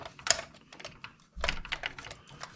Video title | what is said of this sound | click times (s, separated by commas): Connecting the Iron Man Mark III - Will the Legs & Arms Align Perfectly? - Parts 91-98🦾🦿 | So there, did you just hear that click? | 0.3 s